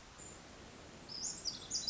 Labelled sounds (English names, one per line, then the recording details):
Pacific Wren
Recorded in Sonoma County, California